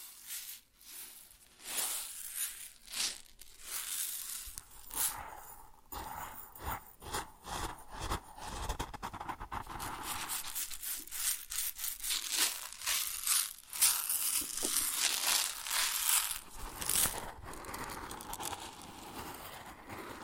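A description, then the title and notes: Grain shifts and rustles in a dense, continuous stream of crisp, bright crackles and gritty rubbing. The texture runs unbroken for the whole stretch, with irregular bursts of louder crunching, notably around 3, 5, and 13–17 seconds, and little low-end weight. ASMR Grain Sounds (No Talking).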